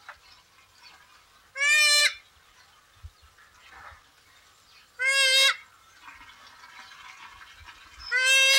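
Pukeko calls: three raucous, harmonic-rich screeches roughly three seconds apart, the last cut short, with quiet background hiss between them.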